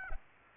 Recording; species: mosquito wingbeat signal from an infrared sensor; Aedes aegypti